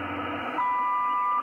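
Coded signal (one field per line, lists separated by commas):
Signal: radio time signal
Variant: WWV/WWVH minute tone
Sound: radio hiss, then one steady high beep lasting under a second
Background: radio static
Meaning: The long tone marks the start of a new minute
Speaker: At the time, 8 hours, 31 minutes, Coordinated Universal Time.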